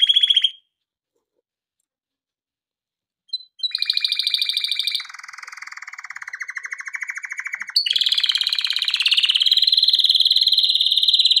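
Canary song: a short high note, nearly three seconds of silence, then long rolling trills of rapidly repeated syllables that shift between higher and lower pitches.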